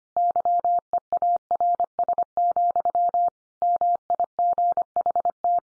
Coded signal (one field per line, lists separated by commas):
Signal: Morse code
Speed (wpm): 25 wpm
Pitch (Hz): 700 Hz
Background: none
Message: YEARS, MIGHT